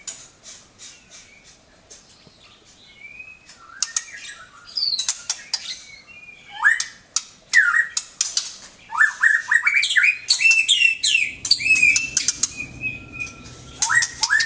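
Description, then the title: Oriental magpie-robin song building from scattered sharp clicks and chips into fuller whistled and chattering phrases that grow louder toward the end. "Kicau Kacer"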